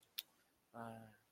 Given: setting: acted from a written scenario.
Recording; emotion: vocal sound without words; sympathy